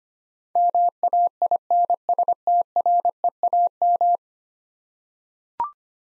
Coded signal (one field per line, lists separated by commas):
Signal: Morse code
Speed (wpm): 25 wpm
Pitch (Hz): 700 Hz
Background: none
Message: MAINSTREAM